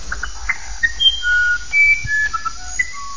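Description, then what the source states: Musician wren singing pure, flute-like whistles, each held briefly at a new pitch, stepping up and down in a melodic sequence. Song favours perfect consonant intervals such as octaves, fifths and fourths, formally resembling human music.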